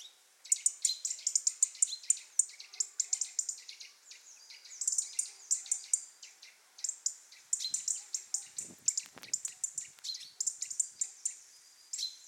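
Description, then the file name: European robin: long stretches of rapid high ticks and thin notes, with a few brief low knocks in the middle. "Erithacus rubecula"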